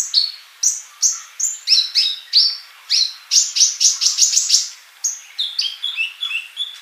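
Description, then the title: Bird song of repeated high chirps, speeding into a fast chattering series, then slower varied whistled notes. "Kicau Burung"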